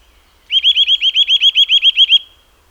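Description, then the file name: Eurasian nuthatch delivers a loud, brisk trill of many clear upward-sweeping whistles lasting under two seconds. "Sitta europaea"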